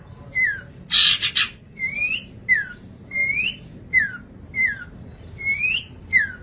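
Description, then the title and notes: Long-tailed Shrike song: clear whistled notes sliding up and down, repeated at short intervals, with one harsh scratchy burst early on. "Pentet 201703. Suara burung pentet"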